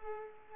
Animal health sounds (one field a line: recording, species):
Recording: mosquito wingbeat signal from an infrared sensor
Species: Culex pipiens